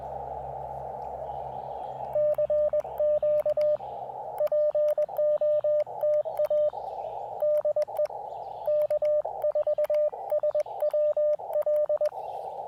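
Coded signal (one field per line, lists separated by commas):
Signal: Morse code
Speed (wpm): 20 wpm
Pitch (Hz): 590 Hz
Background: radio noise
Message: CQ POTA DE K4SWL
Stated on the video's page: Park activation in CW, sent with KXPD2 paddles on an Elecraft KX2 with AX1 antenna, in wet weather and poor propagation.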